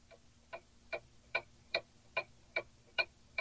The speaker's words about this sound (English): This is a clock. Look at the clock.